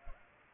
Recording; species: mosquito wingbeat signal from an infrared sensor; Culex pipiens